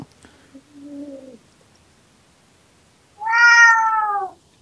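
A cat named Raul meows twice: first a soft, low, short call, then after a pause a loud, drawn-out meow that starts bright and slides downward in pitch before fading out.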